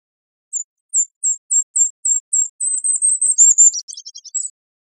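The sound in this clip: Golden-crowned Kinglet: very high, thin, repeated notes from a golden-crowned kinglet accelerate into a rapid series, then break into a lower chattering flourish and one final high note.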